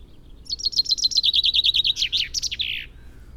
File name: Fringilla coelebs